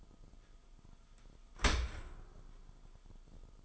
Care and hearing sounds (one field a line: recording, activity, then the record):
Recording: daily activity, microphone in the room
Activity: open dishwasher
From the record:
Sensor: 5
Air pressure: 1004.7 hPa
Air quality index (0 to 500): 92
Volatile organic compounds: 2 ppm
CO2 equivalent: 1115 ppm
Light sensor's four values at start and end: 33/76/31/30 and 33/75/30/30